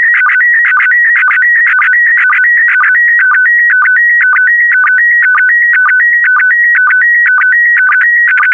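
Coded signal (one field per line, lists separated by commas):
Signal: SSTV (slow-scan television)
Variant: PD120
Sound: warbling tone shifting between two pitches, with a short low blip twice a second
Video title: (08 of 12) ISS Expedition 66 - ARISS Series 19 Lunar Exploration - Retransmission SSTV PD120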